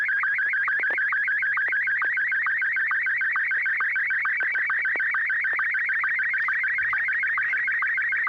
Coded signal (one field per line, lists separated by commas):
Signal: SSTV (slow-scan television)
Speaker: Joel ai6 DG to go ahead and send a a picture when you're ready go ahead Joel I that's [Music] all right uh just received the photograph